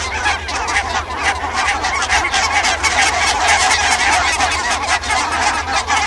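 Barnacle goose: barnacle geese in a flock giving many overlapping barking honks, constant and busy throughout with a low rumbling background.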